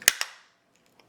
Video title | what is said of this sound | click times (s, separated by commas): 2010 RANGE ROVER SPORT SMART KEY REMOTE FOB BUTTON PAD COVER REPAIR KIT HOW TO | There you go. Snapped. It's in. It's done. | 0.0 s, 0.1 s, 0.2 s